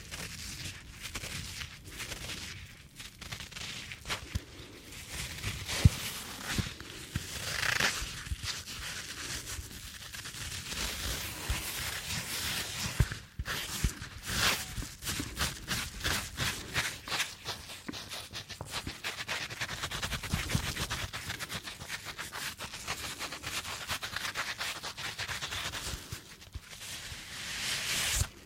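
Latex and cleaning gloves rub, stretch and crinkle continuously, with dense crackly, bright friction sounds. Sharp snaps and squeaks come in quick bursts, especially around 13 to 20 seconds, with brief softer pauses near 3, 8 and 26 seconds.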